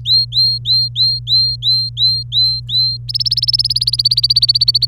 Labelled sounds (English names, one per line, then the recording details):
Domestic Canary song
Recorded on 26 April 2018 at 12:10
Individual llb3